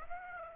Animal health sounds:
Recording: mosquito wingbeat signal from an infrared sensor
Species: Aedes aegypti

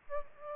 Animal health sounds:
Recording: mosquito wingbeat signal from an infrared sensor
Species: Aedes albopictus

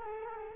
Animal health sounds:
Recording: mosquito wingbeat signal from an infrared sensor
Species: Culex quinquefasciatus

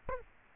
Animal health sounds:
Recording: mosquito wingbeat signal from an infrared sensor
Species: Aedes aegypti

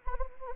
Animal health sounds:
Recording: mosquito wingbeat signal from an infrared sensor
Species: Anopheles arabiensis

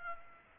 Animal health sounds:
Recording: mosquito wingbeat signal from an infrared sensor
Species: Aedes aegypti

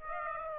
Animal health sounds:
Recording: mosquito wingbeat signal from an infrared sensor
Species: Aedes aegypti

